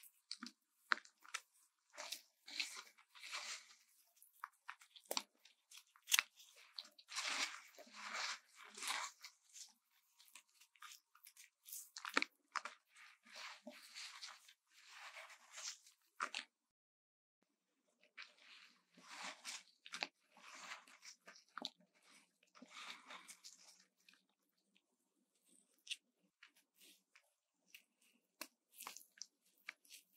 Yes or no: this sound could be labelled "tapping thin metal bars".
no